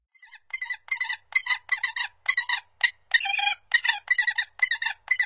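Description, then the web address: Gyrfalcon calling with rough, broken cackles in an uneven rhythm, including a longer drawn-out harsh note midway. "Songs of Birds of North America Stokes. Gyrfalcon"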